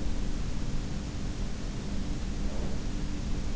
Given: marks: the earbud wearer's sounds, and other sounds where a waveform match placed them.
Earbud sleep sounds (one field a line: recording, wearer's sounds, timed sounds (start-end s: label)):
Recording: sounds in sleep by an in-ear microphone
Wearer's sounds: breath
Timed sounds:
1.39-3.16 s: breath